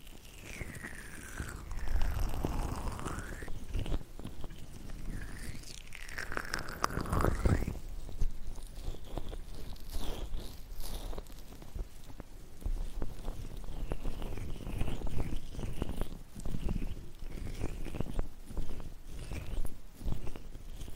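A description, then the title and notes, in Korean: A stainless steel ear pick works at an ear, making close scraping, crackling and rubbing sounds that swell and sweep in short strokes. Heavier bursts come near two and seven seconds, then lighter, dense scratching continues steadily with a faint low rumble underneath. 쇠 귀이개 귀청소 , 귀 마사지 stainless ear pick , ear massage.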